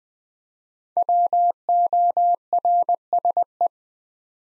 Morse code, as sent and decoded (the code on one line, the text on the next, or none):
.-- --- .-. ... .
WORSE